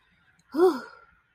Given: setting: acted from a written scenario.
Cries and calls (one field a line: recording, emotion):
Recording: vocal sound without words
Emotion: relief